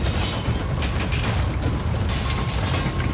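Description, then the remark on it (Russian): During an earthquake, objects and dishes fall onto a table and drawers open, clattering and rattling nonstop over a deep, steady rumble, with brief sharper clanks poking through the loud, dense din. No one speaks. “На стол падают предметы и посуда. Открываются ящики”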